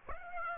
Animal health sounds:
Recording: mosquito wingbeat signal from an infrared sensor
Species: Aedes aegypti

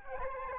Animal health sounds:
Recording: mosquito wingbeat signal from an infrared sensor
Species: Aedes albopictus

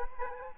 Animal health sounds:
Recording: mosquito wingbeat signal from an infrared sensor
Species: Aedes aegypti

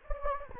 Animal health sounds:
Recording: mosquito wingbeat signal from an infrared sensor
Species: Anopheles gambiae

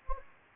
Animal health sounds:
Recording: mosquito wingbeat signal from an infrared sensor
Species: Anopheles gambiae

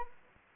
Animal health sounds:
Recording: mosquito wingbeat signal from an infrared sensor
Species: Anopheles arabiensis

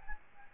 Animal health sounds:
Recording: mosquito wingbeat signal from an infrared sensor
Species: Aedes albopictus

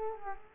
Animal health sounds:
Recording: mosquito wingbeat signal from an infrared sensor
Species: Culex quinquefasciatus

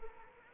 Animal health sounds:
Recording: mosquito wingbeat signal from an infrared sensor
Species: Anopheles arabiensis

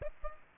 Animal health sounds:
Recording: mosquito wingbeat signal from an infrared sensor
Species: Aedes aegypti

